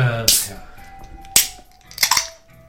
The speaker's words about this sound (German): Mach doch den Kühlschrank nochmal richtig zu, damit die Leute es nochmal hören.